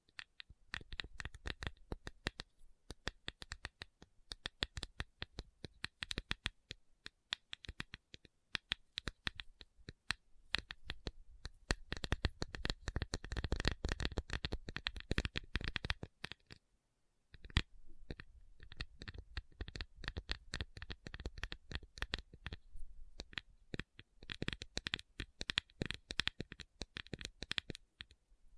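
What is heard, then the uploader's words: A tapping session of rapid, crisp taps and clicks, packed densely with short bursts of quick flurries. The sounds are bright and sharp, thickening into a busier, louder stretch around the middle. Brief pauses come near 17 seconds and again toward the end. ASMR 1 Hour Tapping Session (No Talking).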